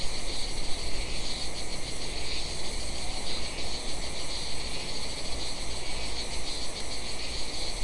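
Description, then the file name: Insect chorus with a steady, high-pitched ringing trill, faintly pulsed throughout, over constant low background rumble. "mainly insect"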